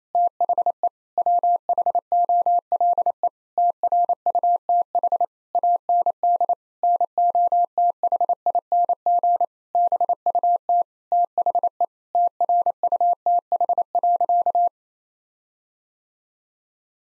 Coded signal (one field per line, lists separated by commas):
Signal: Morse code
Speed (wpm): 27 wpm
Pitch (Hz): 700 Hz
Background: none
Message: THE WHOLE TRUTH AND NOTHING BUT THE TRUTH.